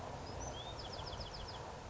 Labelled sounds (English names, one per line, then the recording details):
Bewick's Wren
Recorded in Sonoma County, California